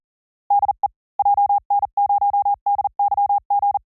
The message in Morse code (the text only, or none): DE JN0DYG